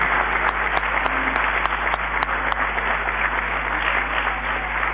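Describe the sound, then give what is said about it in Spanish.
Steady, dense applause for Gabriel Milito, many hands clapping at once in a continuous crackling wash that holds an even loudness for the whole stretch, with no voices standing out. “Señores, aplauso fuerte.”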